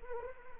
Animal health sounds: mosquito wingbeat signal from an infrared sensor; Anopheles arabiensis

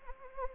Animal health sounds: mosquito wingbeat signal from an infrared sensor; Anopheles arabiensis

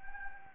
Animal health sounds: mosquito wingbeat signal from an infrared sensor; Anopheles gambiae

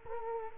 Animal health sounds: mosquito wingbeat signal from an infrared sensor; Culex quinquefasciatus

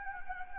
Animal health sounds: mosquito wingbeat signal from an infrared sensor; Anopheles gambiae

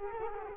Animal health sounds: mosquito wingbeat signal from an infrared sensor; Culex quinquefasciatus

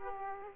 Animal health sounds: mosquito wingbeat signal from an infrared sensor; Aedes aegypti

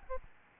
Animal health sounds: mosquito wingbeat signal from an infrared sensor; Aedes albopictus

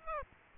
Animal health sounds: mosquito wingbeat signal from an infrared sensor; Aedes aegypti

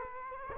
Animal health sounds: mosquito wingbeat signal from an infrared sensor; Culex quinquefasciatus

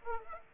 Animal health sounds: mosquito wingbeat signal from an infrared sensor; Aedes aegypti

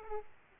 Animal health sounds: mosquito wingbeat signal from an infrared sensor; Aedes aegypti

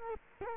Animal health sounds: mosquito wingbeat signal from an infrared sensor; Culex quinquefasciatus

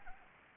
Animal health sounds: mosquito wingbeat signal from an infrared sensor; Anopheles arabiensis

